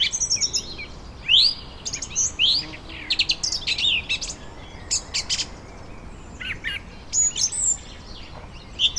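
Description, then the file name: Mixed birdsong with sharp chirps, short rising whistles and scattered twittering. Birds in a vineyard on a summer evening in Germany. "tom chapman nature vineyard ambience summer evening birds occassional voice distant traffic germany"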